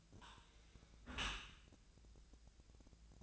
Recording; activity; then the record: daily activity, microphone in the room; close dishwasher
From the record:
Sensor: 2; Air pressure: 1000.4 hPa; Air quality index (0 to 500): 166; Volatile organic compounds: 3 ppm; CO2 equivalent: 1381 ppm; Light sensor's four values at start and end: 11/31/12/14 and 11/31/12/14